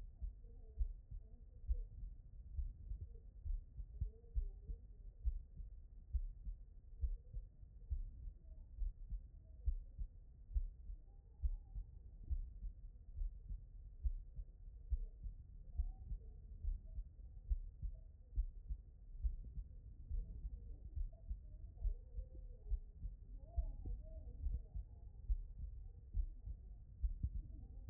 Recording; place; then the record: heart sounds by stethoscope; aortic valve (AV)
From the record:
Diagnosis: non-HFrEF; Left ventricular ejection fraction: 55%